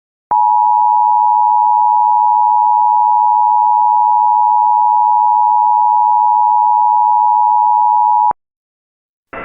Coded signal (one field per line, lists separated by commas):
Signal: Emergency Alert System (SAME) tones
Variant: 853 and 960 Hz attention tone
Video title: The Touch (An EAS Scenario)